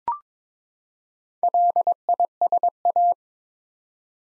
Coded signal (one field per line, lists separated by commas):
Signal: Morse code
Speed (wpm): 22 wpm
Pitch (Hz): 700 Hz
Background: none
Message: LISA